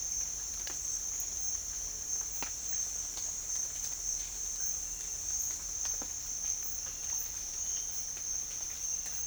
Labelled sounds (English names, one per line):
none